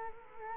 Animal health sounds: mosquito wingbeat signal from an infrared sensor; Culex quinquefasciatus

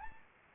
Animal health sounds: mosquito wingbeat signal from an infrared sensor; Anopheles arabiensis

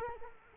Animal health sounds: mosquito wingbeat signal from an infrared sensor; Culex quinquefasciatus

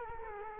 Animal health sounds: mosquito wingbeat signal from an infrared sensor; Culex quinquefasciatus

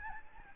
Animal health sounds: mosquito wingbeat signal from an infrared sensor; Aedes albopictus

